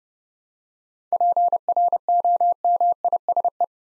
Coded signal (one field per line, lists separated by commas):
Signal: Morse code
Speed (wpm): 30 wpm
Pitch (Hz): 700 Hz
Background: none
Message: PROMISE